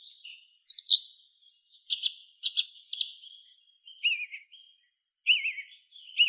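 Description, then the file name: Song thrush singing a mix of high twittering notes, scratchy clusters and warbled, wavering whistles, phrases changing every second or so. "Neizvesten - Drozd pevchij Turdus philomelos"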